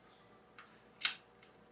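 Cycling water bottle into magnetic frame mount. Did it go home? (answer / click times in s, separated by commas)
yes / 1.1 s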